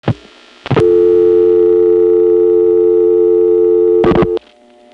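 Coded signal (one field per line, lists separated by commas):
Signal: telephone call progress tone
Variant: North America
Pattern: dial tone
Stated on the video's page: Tones from replacement of City and Interzone tandem switches, November 1975.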